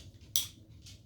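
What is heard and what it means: Someone standing behind a dog fastens the plastic side-release buckle on the muzzle strap behind the dog's head. A single sharp, bright click at 0.4 s fades quickly over a low, steady background rumble. The buckle clicks shut and seats.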